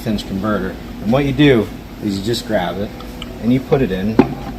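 A torque converter, its rubber seal lubed with transmission fluid, is grabbed and lifted toward the pump and input shaft of an automatic transmission while someone talks over faint background hum and light handling sounds. The converter has not seated or clicked yet when the clip ends.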